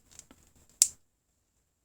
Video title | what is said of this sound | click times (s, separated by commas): Wenger Golf Pro Swiss Army Knife @Warthogg1 | are really nice for golfers as well so yeah really good snap on that as you can hear and | 0.8 s